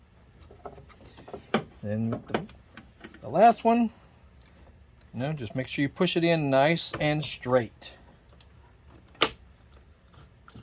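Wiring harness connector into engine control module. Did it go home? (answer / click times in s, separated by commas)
yes / 9.2 s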